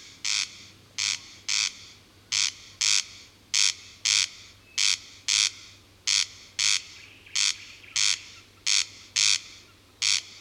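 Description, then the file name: Corn crake giving its dry, rasping double call, two harsh buzzy notes repeated steadily, with a faint low hum underneath. "Digiffects Sound Effects Library - Corn Crake"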